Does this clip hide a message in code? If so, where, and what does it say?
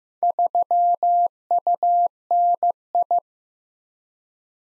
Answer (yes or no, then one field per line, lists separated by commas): yes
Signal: Morse code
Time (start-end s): 0.2-3.2 s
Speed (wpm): 15 wpm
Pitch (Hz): 700 Hz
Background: none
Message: 3UNI